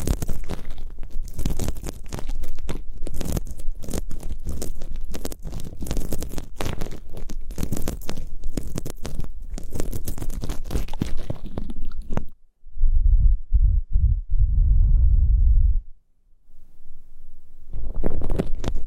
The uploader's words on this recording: Super comfortable ear picking, immersive, multiple props.